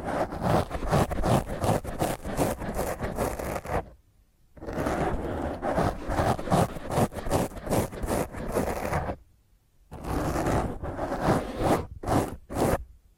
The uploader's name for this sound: Intense Rough Mic Scratch using HandNails